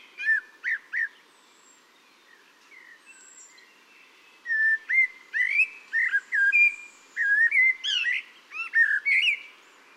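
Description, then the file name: Common blackbird warbling, with a few notes at the start, then after a pause a long, lively sequence of quick rising and falling whistles and squeaks. "Turdus merula"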